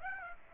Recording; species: mosquito wingbeat signal from an infrared sensor; Aedes aegypti